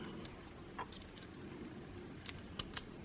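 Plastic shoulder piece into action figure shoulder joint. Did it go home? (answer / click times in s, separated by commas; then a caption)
no / none. A removable plastic shoulder piece is slid back into the shoulder joint of a Robot Damashii (Spirits) Nero Trainer action figure, producing a few faint plastic ticks and scrapes over a low, steady background rumble, with the sharpest short taps near 2.3 and 2.6 seconds. The piece is still being handled and has not seated or clicked into place yet.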